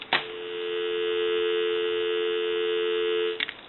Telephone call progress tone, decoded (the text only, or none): dial tone